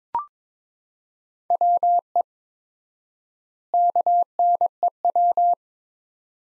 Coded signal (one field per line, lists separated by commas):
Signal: Morse code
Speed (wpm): 22 wpm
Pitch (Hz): 700 Hz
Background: none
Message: WE KNEW